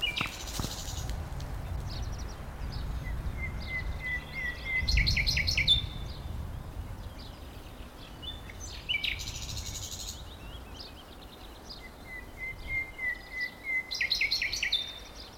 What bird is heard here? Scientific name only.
Luscinia megarhynchos